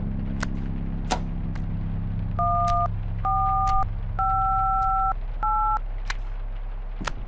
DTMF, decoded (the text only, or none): 1458